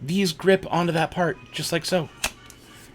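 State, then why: Seated. Plastic grip pieces are pressed into a groove with small holes on a toy lightsaber hilt and twisted while someone talks. A short click is heard at 2.5 seconds as the grip pieces lock into place.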